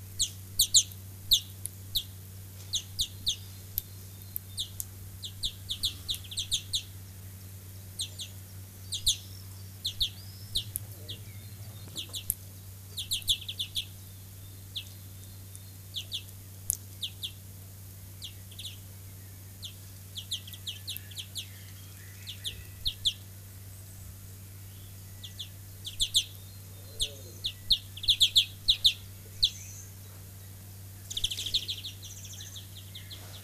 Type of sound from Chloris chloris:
call